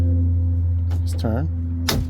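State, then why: Torque reached. Someone talks over a steady low hum while turning the torque-limiting mounting clamp knob of a Thule Motion XT-L roof cargo box onto the roof crossbar of a 2021 Toyota Highlander. The built-in torque limiter clicks sharply at 1.9 s, signaling the knob has reached its setting and the clamp is tight.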